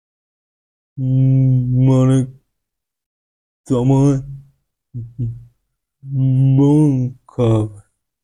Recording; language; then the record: elicited speech; Bengali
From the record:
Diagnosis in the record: Broca's or global aphasia after a stroke